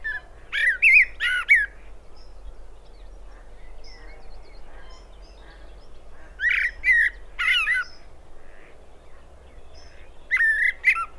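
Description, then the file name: Common blackbird giving fluty warbled phrases with thin squeaky notes, three bursts spaced by quiet gaps, faint low background rumble. "Turdus merula"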